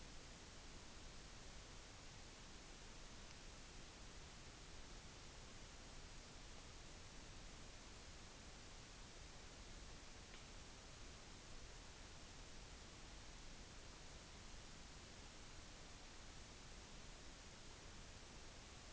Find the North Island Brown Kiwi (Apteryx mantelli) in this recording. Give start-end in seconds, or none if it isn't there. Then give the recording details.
none. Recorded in New Zealand on 16 June 2014. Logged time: 02:19